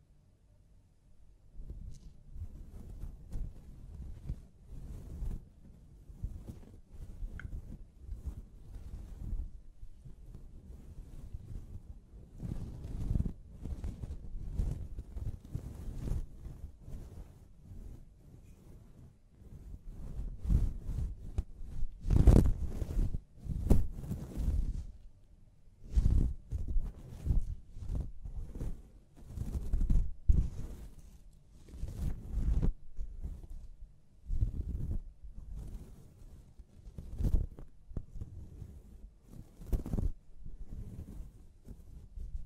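Scalp massage and hair washing make soft, irregular low rubbing and muffled thumps, with sharper crackling bursts around the middle and later.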